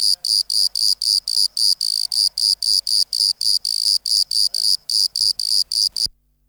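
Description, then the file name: Bordeaux cricket chirping in a fast regular series of shrill pulses that stops abruptly near the end, leaving silence. "Modicogryllus bordigalensis"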